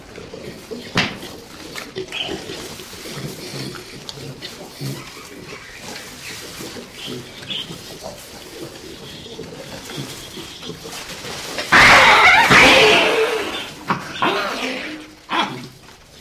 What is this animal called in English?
Hamadryas Baboon